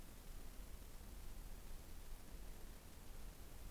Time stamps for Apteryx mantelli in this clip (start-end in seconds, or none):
none